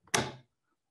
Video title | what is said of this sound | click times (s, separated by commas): Webinar (EN 11.02.2021): Dome 6 + K2 Base | you all heard that nice click so you can see this is a little bit of wiggle room here | 0.2 s